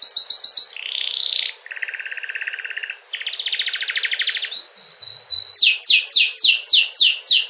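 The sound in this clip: Canary song in fast varied tours: high repeated notes, a low buzzy trill, a rolling mid trill, a pure whistled note, then loud rapid descending sweeps.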